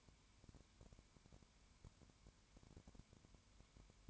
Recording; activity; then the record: daily activity, microphone in the room; no activity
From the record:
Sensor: 2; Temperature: 20.0 degrees Celsius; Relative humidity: 32.1%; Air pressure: 1001.1 hPa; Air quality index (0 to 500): 55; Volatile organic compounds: 1 ppm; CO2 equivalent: 604 ppm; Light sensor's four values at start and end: 2/3/2/2 and 2/3/2/2